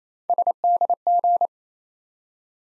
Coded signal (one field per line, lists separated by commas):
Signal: Morse code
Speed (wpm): 28 wpm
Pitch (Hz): 700 Hz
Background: none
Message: SDG